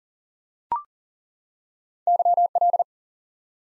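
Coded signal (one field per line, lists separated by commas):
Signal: Morse code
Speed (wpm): 40 wpm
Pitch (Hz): 700 Hz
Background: none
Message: YL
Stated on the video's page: High-speed (QRQ) Morse drill of single common QSO elements for instant word recognition.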